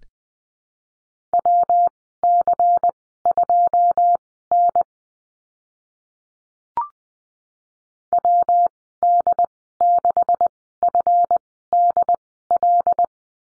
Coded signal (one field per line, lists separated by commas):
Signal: Morse code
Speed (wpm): 20 wpm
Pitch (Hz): 700 Hz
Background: none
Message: WC2N WD6FDL